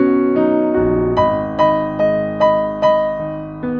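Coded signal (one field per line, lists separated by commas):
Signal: none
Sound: piano notes in music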